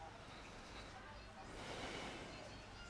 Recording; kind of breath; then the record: one breath in and out by a microphone near the nose and mouth; deep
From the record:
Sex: male